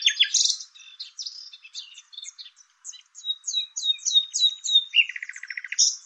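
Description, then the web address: Bird song, a busy string of high chirps and slurred whistles, ending in a rapid rattling trill. "Deverinetal 2025"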